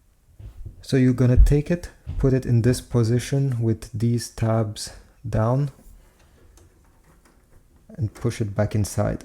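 Someone talks while holding a cleaned pickup roller for a Canon MF3010 laser printer, lining it up with its tabs down before pushing it back into the printer. During a pause in the talk, faint handling ticks come at about 6.6 s and 7.3 s. Nothing has seated or clicked yet.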